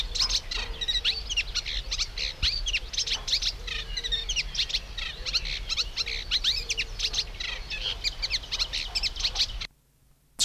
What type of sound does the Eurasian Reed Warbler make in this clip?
song